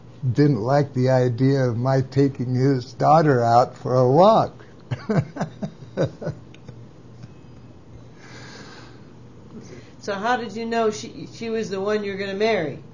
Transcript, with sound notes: didn't like the idea of my taking his daughter out for a walk (laughs)
So how did you know -sh-- she was the one you were gonna marry?